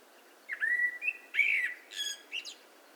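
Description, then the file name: Eurasian blackbird song: a mellow fluting whistle, a brief pause, a second rich whistled note, then a thin squeaky twitter and a final high flourish. "Turdus merula"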